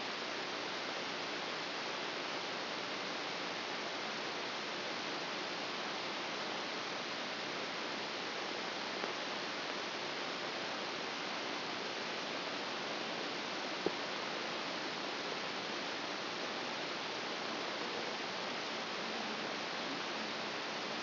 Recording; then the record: brain microelectrode recording played as sound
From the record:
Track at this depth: outside the subthalamic nucleus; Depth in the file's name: 0.444 mm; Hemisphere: left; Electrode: 3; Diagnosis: Parkinson's disease